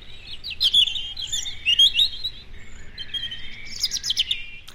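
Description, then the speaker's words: European robin song: high, thin, varied warbling phrases and trills in a few bursts. "This is the sound of the European robin."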